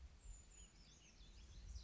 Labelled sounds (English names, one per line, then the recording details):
Brown Creeper
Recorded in Sonoma County, California